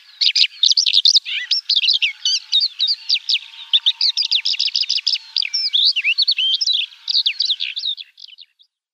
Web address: Schulze Peter White-winged Lark song